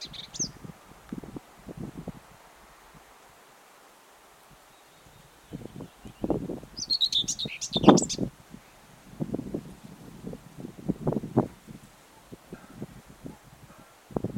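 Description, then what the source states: Common whitethroat singing: a brief scratchy fragment at the start, then a fuller hurried, chattering warble midway, amid intermittent low thuds and rustling. Recorded 17 June 2022.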